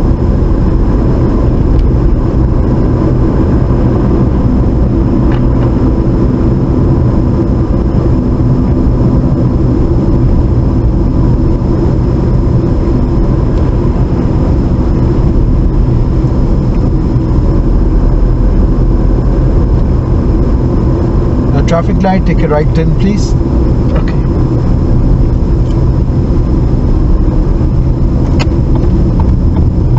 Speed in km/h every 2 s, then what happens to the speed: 39, 45, 44, 40, 39, 34, 34, 32, 32, 34, 35, 34, 31, 29, 26.
4-10 slows to 34. 10-20 steady at about 34. 20-30 slows to 26.